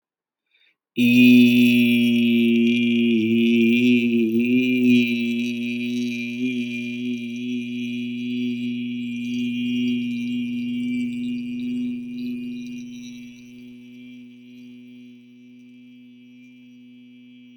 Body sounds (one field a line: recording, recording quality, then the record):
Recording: sustained vowel as in beet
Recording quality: excellent, no background noise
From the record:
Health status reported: healthy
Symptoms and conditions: none ticked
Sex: male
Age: 26 years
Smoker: not ticked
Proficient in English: yes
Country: India